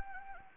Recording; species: mosquito wingbeat signal from an infrared sensor; Anopheles gambiae